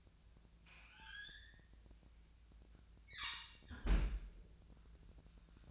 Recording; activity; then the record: daily activity, microphone in the room; close fridge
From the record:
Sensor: 2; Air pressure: 1009.5 hPa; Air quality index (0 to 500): 185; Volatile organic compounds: 11 ppm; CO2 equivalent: 2306 ppm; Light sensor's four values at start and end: 23/56/24/26 and 23/56/24/26